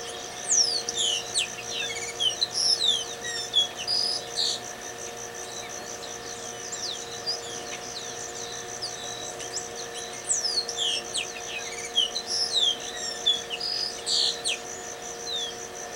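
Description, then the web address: Greyish baywing song: two bouts of busy, chattering, high notes with quick rising and falling whistles, over steady insect buzzing and a constant low hum. "cantos tordomusico"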